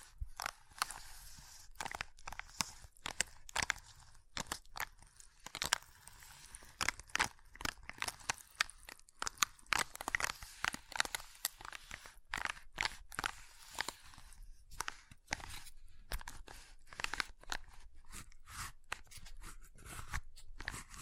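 Ice being tapped, scratched and carved in dense, irregular bursts of sharp crunching clicks, continuing steadily throughout with brief quiet gaps between strokes.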